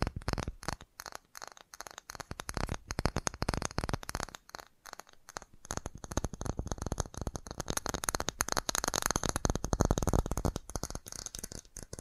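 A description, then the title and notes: Fast tapping runs in dense, uneven bursts of sharp clicks with brief gaps, growing thicker and more continuous after the midpoint. FAST TAPPING (No Talking).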